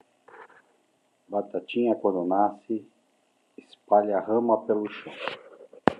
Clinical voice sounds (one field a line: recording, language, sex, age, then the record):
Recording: short text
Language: Brazilian Portuguese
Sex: male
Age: 50 to 59 years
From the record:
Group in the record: control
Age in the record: 57 years